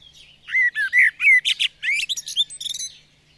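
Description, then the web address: Bird song of rapid chirps and slurred whistled notes that speed up into a busy trill of short elements near the end. "madarak enek"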